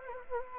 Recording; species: mosquito wingbeat signal from an infrared sensor; Anopheles gambiae